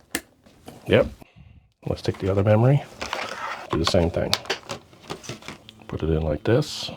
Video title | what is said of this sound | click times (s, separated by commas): Building an Off-Site NAS Backup Server, part 2A | then we click it, and we should hear 2 clicks if we're doing it right. Yep. | 0.1 s, 0.7 s